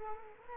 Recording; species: mosquito wingbeat signal from an infrared sensor; Culex quinquefasciatus